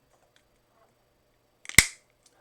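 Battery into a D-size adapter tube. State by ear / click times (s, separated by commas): seated / 1.8 s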